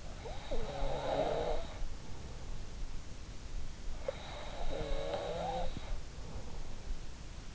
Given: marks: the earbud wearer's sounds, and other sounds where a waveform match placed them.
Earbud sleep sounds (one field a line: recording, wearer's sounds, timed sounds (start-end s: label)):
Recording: sounds in sleep by an in-ear microphone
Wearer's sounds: breath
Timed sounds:
0.00-2.34 s: breath
4.00-6.45 s: breath